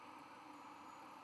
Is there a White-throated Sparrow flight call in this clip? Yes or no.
no